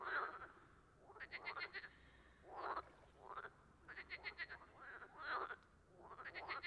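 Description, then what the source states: Frogs in chorus, bursts of rapid pulsed trills alternating with single rasping croaks, irregularly spaced. Amphibians calling at a tuilerie (tile works) on 18 March 2017.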